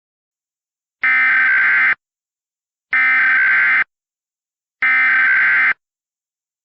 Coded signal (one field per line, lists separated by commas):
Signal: Emergency Alert System (SAME) tones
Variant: header bursts